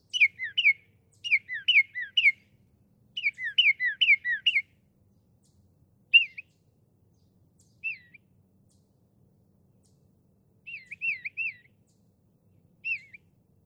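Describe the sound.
Northern mockingbird song: quick sets of sweeping, looping chirps, then sparser single and triple warbled notes with longer silences.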